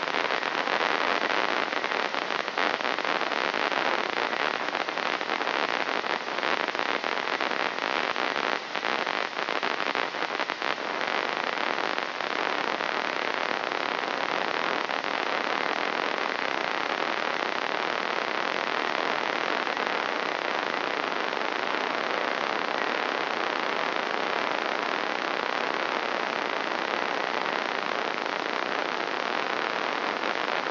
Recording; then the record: brain microelectrode recording played as sound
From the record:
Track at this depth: inside the subthalamic nucleus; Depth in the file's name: 2.51 mm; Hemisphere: left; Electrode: 3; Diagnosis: Parkinson's disease